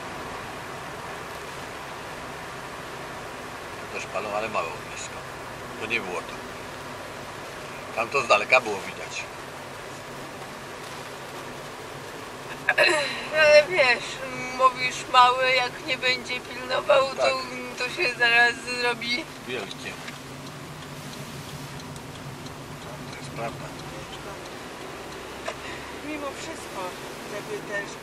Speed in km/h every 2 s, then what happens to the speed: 68, 64, 60, 58, 57, 54, 52, 44, 36, 28, 28, 32, 39, 46.
0-18 slows to 28. 18-28 speeds up to 46.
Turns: 19-23.